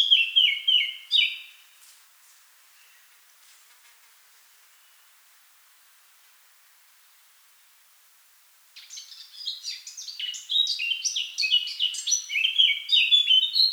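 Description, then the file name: Eurasian blackcap singing: a brief fluty phrase at the start, about seven seconds of quiet, then a chattering warble that grows louder. "Sylvia atricapilla"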